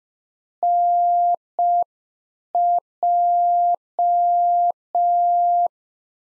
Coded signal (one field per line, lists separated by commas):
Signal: Morse code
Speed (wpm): 5 wpm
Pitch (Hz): 700 Hz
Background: none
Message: NJ